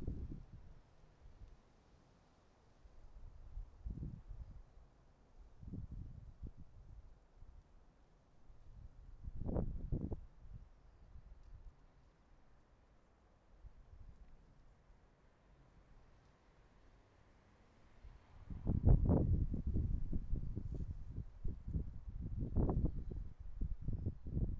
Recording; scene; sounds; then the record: everyday scene through a hearing-aid microphone; wind on the microphone; wind, traffic, birds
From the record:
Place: suburban garden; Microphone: behind the ear, right, rear